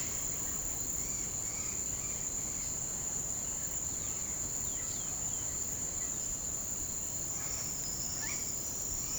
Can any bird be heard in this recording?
yes